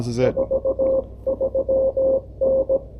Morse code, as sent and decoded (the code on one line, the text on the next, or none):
....- ...-- -.
43N